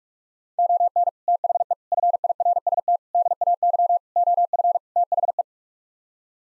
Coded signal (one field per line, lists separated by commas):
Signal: Morse code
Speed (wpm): 46 wpm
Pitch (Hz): 700 Hz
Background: none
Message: ON THE FIRST DAY OF THE